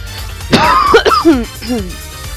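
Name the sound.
coughing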